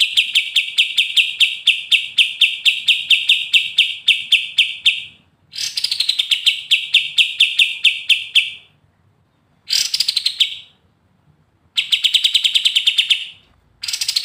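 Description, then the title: Pied triller song: long fast trills repeated in bursts with short gaps, some opening with a higher slurred note; faint background hum. Training recording; singing energetically in the brenciu style. "KAPAS TEMBAK GACOR NGEGAS BRENCIU"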